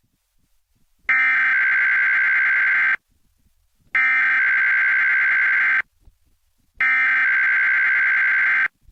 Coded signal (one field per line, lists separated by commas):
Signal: Emergency Alert System (SAME) tones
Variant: header bursts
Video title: 10-9-18 Denver Required Monthly Tests (EAS #260 - #263)